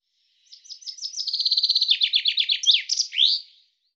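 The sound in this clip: Common chaffinch song: a fast series of sweet notes stepping down in pitch, ending in a final flourish, about three seconds long.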